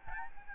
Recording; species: mosquito wingbeat signal from an infrared sensor; Aedes albopictus